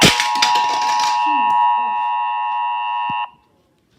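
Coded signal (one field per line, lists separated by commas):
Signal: Emergency Alert System (SAME) tones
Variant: 853 and 960 Hz attention tone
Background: speech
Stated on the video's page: Not a real EAS alert.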